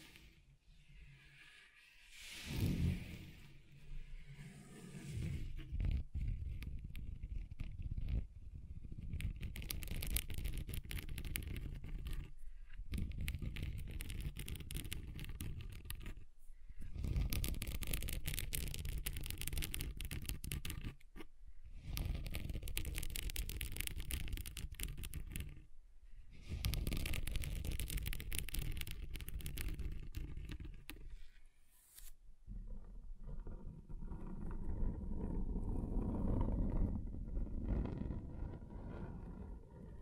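Scratching across a table surface, with dense, rough scraping strokes that run for several seconds at a time, broken by short pauses near 6, 12, 16, 21 and 26 seconds. The texture shifts between strokes, turning duller and lower after about 32 seconds.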